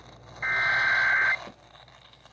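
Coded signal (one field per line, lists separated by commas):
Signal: Emergency Alert System (SAME) tones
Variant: header bursts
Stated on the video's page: Tornado Warning on NOAA Weather Radio station KEC-60.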